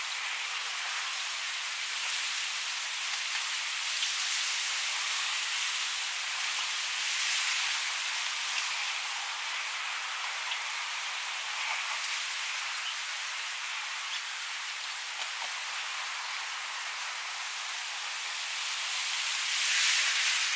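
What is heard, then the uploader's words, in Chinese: Wind blows steadily through grass, a soft bright hiss with brief gusts swelling around seven, twelve and twenty seconds. 在草丛里悠闲地听着风吹过的声音。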